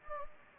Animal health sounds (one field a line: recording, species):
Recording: mosquito wingbeat signal from an infrared sensor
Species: Anopheles gambiae